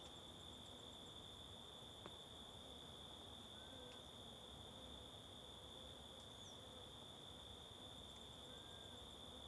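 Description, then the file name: Cricket trilling steadily at a high pitch, joined by short rapid ticking series, a few thin whistled slurs and occasional sharp clicks. Constant cricket in forest ambience on the Simão Correa waterfall trail. "Ambiencia em Bosque na Trilha da Cachoeira Simao Correa com Moscas e Grilo Constante"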